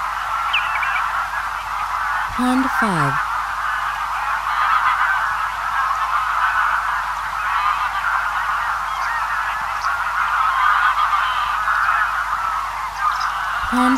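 Greylag goose flock honking, a ceaseless overlapping babble, with a deeper downward-sweeping call early on.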